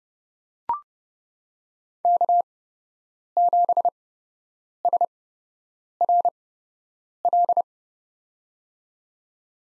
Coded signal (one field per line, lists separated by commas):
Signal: Morse code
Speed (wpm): 30 wpm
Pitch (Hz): 700 Hz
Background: none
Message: K7SRL